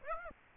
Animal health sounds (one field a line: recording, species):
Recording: mosquito wingbeat signal from an infrared sensor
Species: Aedes aegypti